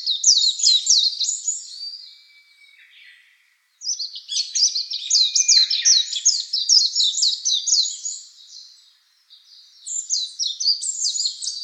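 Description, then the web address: Warbling white-eye song: rapid, high, jumbled twittering in three bursts separated by short pauses, with a faint thin whistle in between. "birdenaga mejiro"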